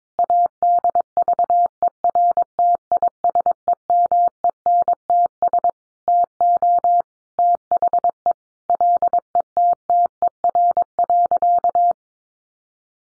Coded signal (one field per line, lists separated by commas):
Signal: Morse code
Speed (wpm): 22 wpm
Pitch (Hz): 700 Hz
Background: none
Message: ADVERTISEMENTS TO THE LETTER.